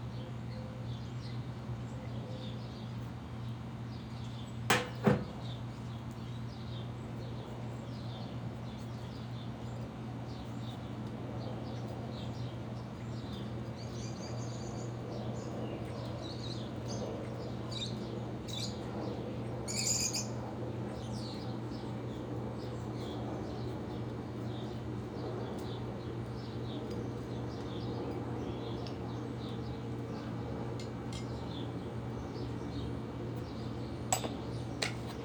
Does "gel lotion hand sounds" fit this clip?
no